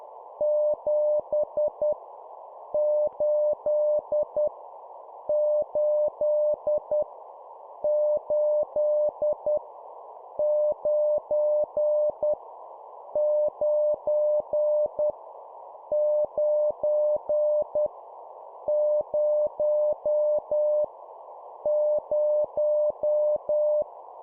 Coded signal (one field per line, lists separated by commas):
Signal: Morse code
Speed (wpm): 10 wpm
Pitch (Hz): 600 Hz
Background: none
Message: 7 8 8 8 9 9 9 0 0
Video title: 10wpm Repeat three times Number, morse code course